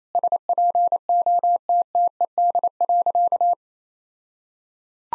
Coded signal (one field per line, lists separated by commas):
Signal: Morse code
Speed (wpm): 27 wpm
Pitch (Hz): 700 Hz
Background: none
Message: SPOTTED.